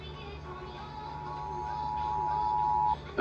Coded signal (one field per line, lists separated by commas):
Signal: Emergency Alert System (SAME) tones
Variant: 853 and 960 Hz attention tone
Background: music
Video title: Required Monthly Tests Are EVERYWHERE [EAS #334 - #337]